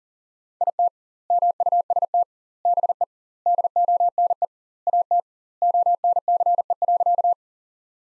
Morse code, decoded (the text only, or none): IT MUST BE DONE AT ONCE.